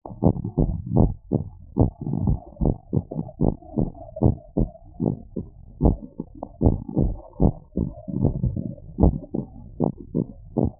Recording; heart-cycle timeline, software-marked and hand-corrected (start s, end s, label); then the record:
heart sounds
0.00	0.24	diastole
0.24	0.34	S1
0.34	0.60	systole
0.60	0.72	S2
0.72	0.96	diastole
0.96	1.10	S1
1.10	1.34	systole
1.34	1.44	S2
1.44	1.78	diastole
1.78	1.92	S1
1.92	2.22	systole
2.22	2.38	S2
2.38	2.66	diastole
2.66	2.76	S1
2.76	3.02	systole
3.02	3.10	S2
3.10	3.42	diastole
3.42	3.54	S1
3.54	3.78	systole
3.78	3.88	S2
3.88	4.22	diastole
4.22	4.34	S1
4.34	4.58	systole
4.58	4.68	S2
4.68	5.02	diastole
5.02	5.14	S1
5.14	5.42	systole
5.42	5.50	S2
5.50	5.82	diastole
5.82	5.96	S1
5.96	6.24	systole
6.24	6.32	S2
6.32	6.62	diastole
6.62	6.74	S1
6.74	6.98	systole
6.98	7.12	S2
7.12	7.42	diastole
7.42	7.54	S1
7.54	7.78	systole
7.78	7.88	S2
7.88	8.20	diastole
8.20	8.32	S1
8.32	8.58	systole
8.58	8.68	S2
8.68	9.00	diastole
9.00	9.16	S1
9.16	9.40	systole
9.40	9.50	S2
9.50	9.82	diastole
9.82	9.92	S1
9.92	10.16	systole
10.16	10.26	S2
10.26	10.58	diastole
10.58	10.70	S1
10.70	10.80	systole
From the record:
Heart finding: normal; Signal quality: good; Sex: female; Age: 53 years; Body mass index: 31.6